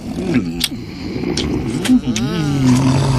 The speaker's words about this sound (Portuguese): Mas o que é isso? Que barulho foi esse? É só minha irmã roncando. Ela tem muita gordura no nariz, mas isso não precisa estragar a nossa diversão.